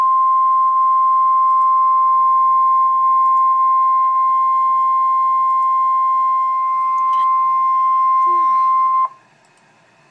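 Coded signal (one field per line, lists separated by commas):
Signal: Emergency Alert System (SAME) tones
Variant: 1050 Hz attention tone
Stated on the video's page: Real EAS special marine warning.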